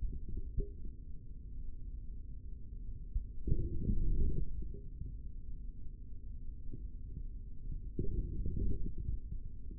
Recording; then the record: forearm muscle sounds (acoustic myography)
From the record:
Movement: forearm pronation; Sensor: system 3, bracelet of six PUI Audio POM-2738L microphones around the upper forearm, with dedicated amplification and filtering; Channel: 5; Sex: male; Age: 25 years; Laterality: right